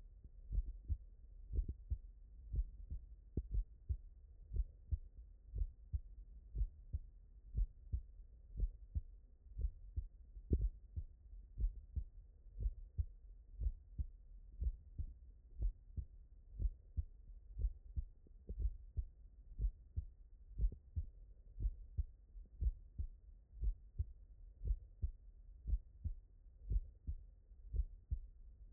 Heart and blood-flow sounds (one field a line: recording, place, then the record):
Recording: heart sounds by stethoscope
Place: tricuspid valve (TV)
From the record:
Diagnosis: non-HFrEF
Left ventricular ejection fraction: 68%